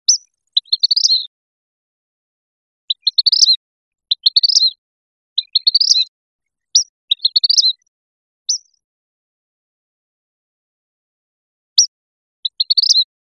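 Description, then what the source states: Flycatcher calls: sharp high notes, most followed by quick twittering phrases, in short bursts every second or two, with a long pause near the end; no other sounds. Recorded in Costa Rica.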